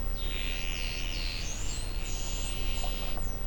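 Whale calls: high, sliding whistles and upswept squeals, some overlapping, over a steady low background rumble.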